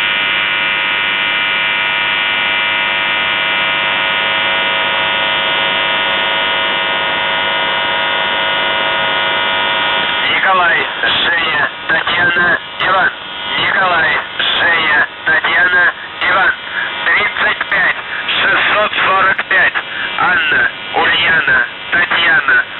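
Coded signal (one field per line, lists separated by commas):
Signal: channel marker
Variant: UVB-76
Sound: ten seconds of rough steady buzzing drone, then a muffled spoken voice message over radio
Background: radio static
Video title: The Buzzer/UVB-76(4625Khz) June 4th, 2023 12:37UTC Voice message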